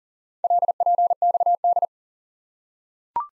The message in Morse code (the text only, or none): LPXD